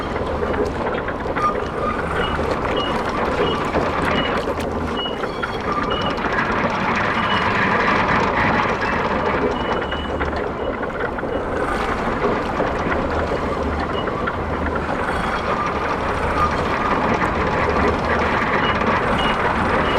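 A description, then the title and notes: Tidal water washes steadily and densely, a full, unbroken hiss and churn. A low rumbling throb fades in and out, strongest early and again past the midpoint, while faint high squeaks and small ticks sound now and then over the surge. Field recording of tide in Svalbard.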